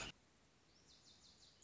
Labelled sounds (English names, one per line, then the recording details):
Lazuli Bunting
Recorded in Sonoma County, California